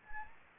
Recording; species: mosquito wingbeat signal from an infrared sensor; Anopheles gambiae